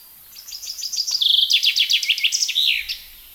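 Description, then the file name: Common chaffinch song: quick series of sweet notes accelerating downward into a rattling trill and a final flourish. "Fringilla coelebs"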